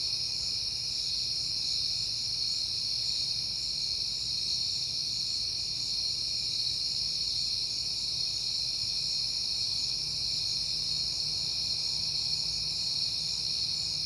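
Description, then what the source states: Cricket: an even, high-pitched trilling that never pauses, while a low rumble lingers quietly in the background. Recorded at night in September on a peaceful night.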